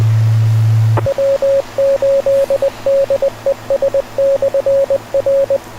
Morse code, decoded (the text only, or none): W8DES/R